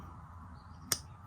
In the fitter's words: This guy still got good snap. Hear that?